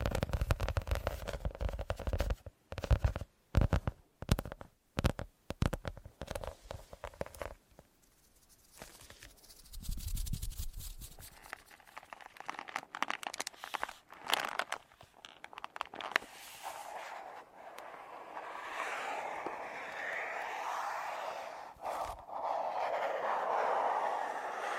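Crinkly, scratchy ear massage sounds with sharp clicky bursts that come in quick clusters during the first ten seconds, separated by brief silences. A low rubbing swell follows around ten seconds, then the sound turns into a steadier, denser scratching and rustling that runs to the end.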